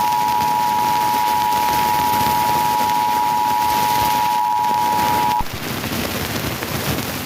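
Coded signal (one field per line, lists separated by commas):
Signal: Emergency Alert System (SAME) tones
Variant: 853 and 960 Hz attention tone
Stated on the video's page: Fire warning on a digital TV subchannel.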